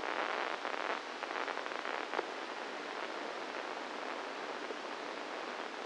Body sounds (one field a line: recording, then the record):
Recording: brain microelectrode recording played as sound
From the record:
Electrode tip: inside the subthalamic nucleus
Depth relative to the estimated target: 0 mm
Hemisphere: right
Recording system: NeuroSet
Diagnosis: Parkinson's disease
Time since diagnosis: 10 years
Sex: female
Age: 45 years